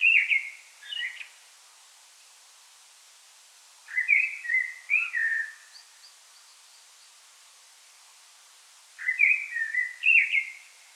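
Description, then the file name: Common blackbird delivering mellow whistled phrases separated by pauses of a few seconds, some with faint thin high notes after them. "Turdus merula"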